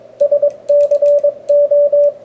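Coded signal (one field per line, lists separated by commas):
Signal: Morse code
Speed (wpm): 28 wpm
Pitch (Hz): 560 Hz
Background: radio noise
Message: SCO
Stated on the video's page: 10 meter signals received on a homemade coat hanger vertical antenna.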